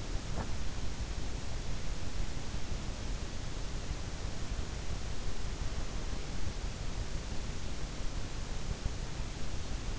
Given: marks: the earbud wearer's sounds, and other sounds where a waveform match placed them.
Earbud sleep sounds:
sounds in sleep by an in-ear microphone; teeth grinding
0.00-0.71 s: teeth grinding

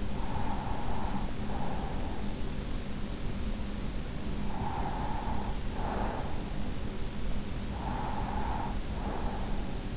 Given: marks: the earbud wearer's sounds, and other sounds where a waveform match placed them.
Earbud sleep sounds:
sounds in sleep by an in-ear microphone; breath
0.00-2.34 s: breath
4.23-6.77 s: breath
7.66-9.83 s: breath

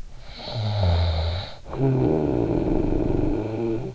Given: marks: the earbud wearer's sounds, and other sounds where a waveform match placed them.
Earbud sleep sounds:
sounds in sleep by an in-ear microphone; snoring breath
0.22-3.95 s: snoring breath

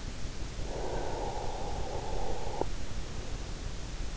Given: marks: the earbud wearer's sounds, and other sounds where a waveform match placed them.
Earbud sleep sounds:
sounds in sleep by an in-ear microphone; breath
0.60-2.99 s: breath

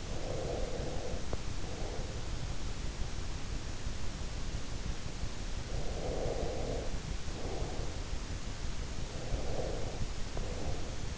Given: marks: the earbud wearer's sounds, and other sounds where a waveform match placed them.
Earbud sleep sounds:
sounds in sleep by an in-ear microphone; breath
0.00-2.58 s: breath
5.94-8.17 s: breath
9.47-11.18 s: breath

